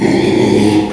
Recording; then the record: squeal of a Yucatan mini pig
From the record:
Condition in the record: after surgery on the right vocal fold (resection and tissue-engineered implant); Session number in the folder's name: 2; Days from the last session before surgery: 13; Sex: male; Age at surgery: 12 weeks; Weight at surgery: 13 kg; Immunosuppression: cyclosporine, prednisolone